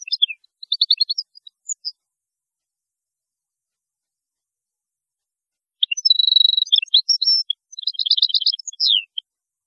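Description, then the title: European goldfinch twittering: a short burst of chirps, a long silence, then an extended fast phrase with a buzzy note and rapid repeated clicks. "Chant Chardonneret"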